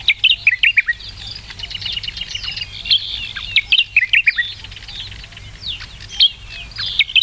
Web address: sikioto birds ezosenyo